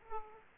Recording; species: mosquito wingbeat signal from an infrared sensor; Aedes aegypti